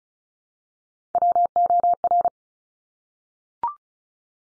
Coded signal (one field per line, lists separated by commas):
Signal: Morse code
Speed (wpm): 36 wpm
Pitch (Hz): 700 Hz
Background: none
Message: WOR